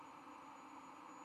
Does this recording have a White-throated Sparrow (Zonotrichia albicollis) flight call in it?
no